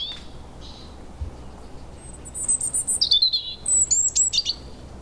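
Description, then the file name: European robin singing a high, rapid phrase of thin whistles and jangling twitters after about two seconds of only faint notes. "Erithacus rubecula"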